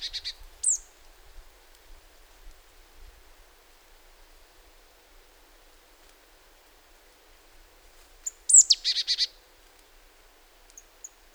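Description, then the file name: Marsh Tit calls: two high sharp notes early, then a quick burst of high notes late, with a long quiet gap between. "Poecile palustris"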